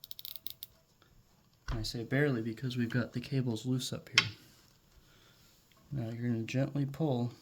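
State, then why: Seated. A plastic zip tie tail is fed into its ratchet head around the motor pod and mast on a foil mast pod mount, giving a quick series of small plastic clicks at 0.0, 0.1, 0.3, 0.4, 0.5 and 0.6 seconds as the ratchet latches. It is pulled only barely tight because the cables are still loose, and then someone talks.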